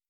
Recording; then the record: hydrophone in a shrimp aquaculture tank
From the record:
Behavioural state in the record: starved